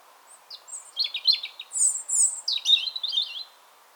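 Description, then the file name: European robin song: a varied phrase of high thin whistles, quick trills and sliding notes, rising and falling over about three seconds, with faint steady background hiss. "Erithacus rubecula"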